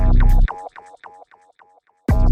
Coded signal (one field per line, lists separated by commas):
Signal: none